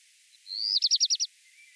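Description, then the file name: Black redstart singing a high whistled lead-in followed by five rapid rasping, buzzy notes in a tight series; background otherwise near silent. "Hausrotschwanz Gesang"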